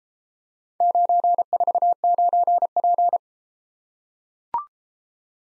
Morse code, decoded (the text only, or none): 949P